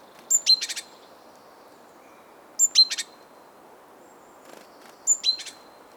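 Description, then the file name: Great tit giving a sharp high note then a rapid buzzy chatter, three bursts spaced a couple of seconds apart, faint low rumble underneath. "Parus major"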